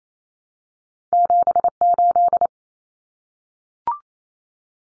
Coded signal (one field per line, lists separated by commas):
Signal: Morse code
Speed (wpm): 28 wpm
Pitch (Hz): 700 Hz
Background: none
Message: 78